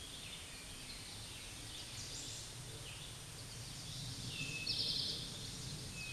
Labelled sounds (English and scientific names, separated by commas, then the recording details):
Eastern Towhee (Pipilo erythrophthalmus) song
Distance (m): 35 m
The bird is about 5 m above the microphone
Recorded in a Pennsylvania forest on 16 May 2024 at 09:48
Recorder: AudioMoth, point MSD-2391
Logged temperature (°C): 15.0 °C
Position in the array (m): 106 m, 8 m